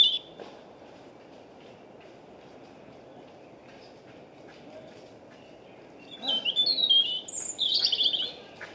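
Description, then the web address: European robin: a brief high note at the start, then a long quiet stretch with faint scattered ticks, then two high, liquid phrases near the end. "2025"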